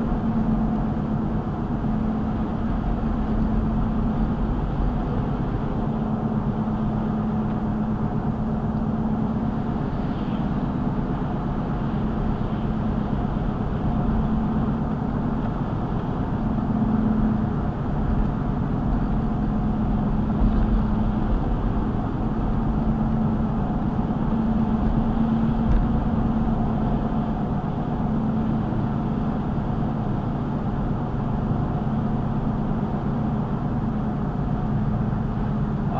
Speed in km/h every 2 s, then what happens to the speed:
74, 74, 74, 74, 76, 76, 72, 74, 72, 71, 71, 74, 76, 76, 74, 72, 72, 71.
0-36 steady at about 74.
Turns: none.